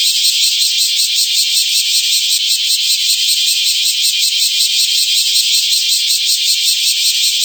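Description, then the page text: Bear cicada song: a loud, unbroken high buzz throbbing in quick regular pulses, several each second, steady from start to finish with no other sounds. "クマゼミ(蝉）の鳴き声-sound-HIRingtone"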